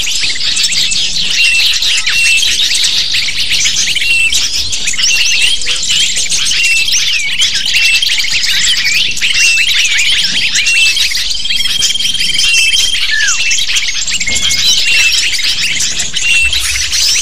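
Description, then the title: Lovebirds chirping en masse, an even, continuous stream of shrill squeaks and twitters lasting the whole stretch. Lure used to attract lovebirds. "PIKAT BURUNG LOVEBIRD"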